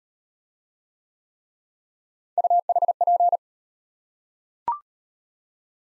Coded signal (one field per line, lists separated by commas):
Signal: Morse code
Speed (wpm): 36 wpm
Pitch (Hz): 700 Hz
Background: none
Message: UHP